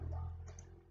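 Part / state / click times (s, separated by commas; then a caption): cartridge latch on a bio-fragment analyzer / seated / 0.5 s, 0.6 s. A gel cartridge latch on a Qsep100 bio-fragment analyzer is hit to lock the cartridge into the instrument, engaging its optical, electrical and pneumatic channels. Over a steady low hum, a short double click sounds at 0.5 s and 0.6 s as the latch engages and the cartridge seats.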